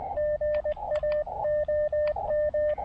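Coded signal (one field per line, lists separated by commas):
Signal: Morse code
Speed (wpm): 20 wpm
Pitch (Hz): 1800 Hz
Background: radio noise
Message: GA OM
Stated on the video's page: Parks on the Air CW activation on 20, 30 and 17 meters.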